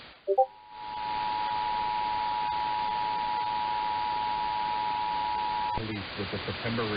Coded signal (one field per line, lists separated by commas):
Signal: Emergency Alert System (SAME) tones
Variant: 853 and 960 Hz attention tone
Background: speech